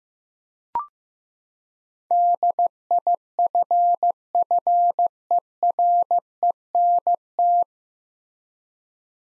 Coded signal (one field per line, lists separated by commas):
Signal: Morse code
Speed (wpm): 15 wpm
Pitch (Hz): 700 Hz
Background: none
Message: DIFFERENT